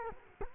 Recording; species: mosquito wingbeat signal from an infrared sensor; Culex quinquefasciatus